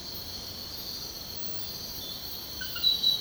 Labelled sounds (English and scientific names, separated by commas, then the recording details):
none
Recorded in secondary vegetation near Puerto Asís, Putumayo, Colombia, on 13 March 2025 at 05:00
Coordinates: 0.498, -76.327
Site G001